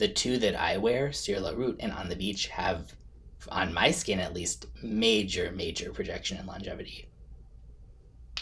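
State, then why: Seated. Someone talks for most of the clip while a heavy cap is put back on a perfume spray bottle. A sharp click is heard at 8.4 s as the heavy cap clicks into place on the bottle.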